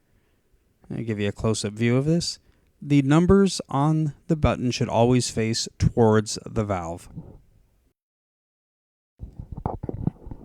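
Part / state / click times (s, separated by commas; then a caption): drain line flow control button into a water softener control valve drain assembly / seated / 9.7 s. Someone talks, then a small plastic drain line flow control button, with its numbers facing toward the valve, is pushed by hand into the drain assembly of a Fleck Pentair 5000 ProFlo water softener control valve. A short series of small clicks and rustles follows, with a sharp click at 9.7 s as the button pops into place and seats.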